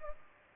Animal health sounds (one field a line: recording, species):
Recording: mosquito wingbeat signal from an infrared sensor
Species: Culex pipiens